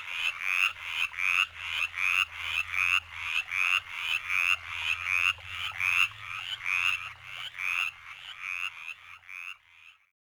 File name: Mountain chorus frog